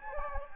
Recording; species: mosquito wingbeat signal from an infrared sensor; Anopheles gambiae